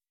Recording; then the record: hydrophone in a shrimp aquaculture tank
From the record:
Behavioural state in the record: weakened